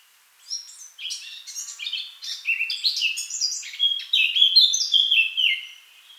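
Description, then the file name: Eurasian blackcap song: a fast, jumbled chattering warble that builds into louder, clear whistled phrases toward the end. "Sylvia atricapilla"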